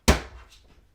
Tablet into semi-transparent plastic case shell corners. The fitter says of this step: and all you have to do is you put it like this and press each corner until they all click in place